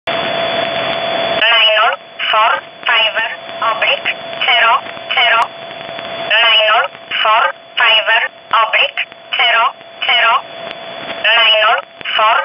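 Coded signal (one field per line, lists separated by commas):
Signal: numbers station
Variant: E11 Oblique, English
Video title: 03 06 2019 E11 Oblique Numbers station in English 0640 on 15800 unknown tx site in USB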